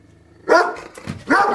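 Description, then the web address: Dog giving two harsh barks a little under a second apart. "cao a ladrar som de cao a ladrar ouvir"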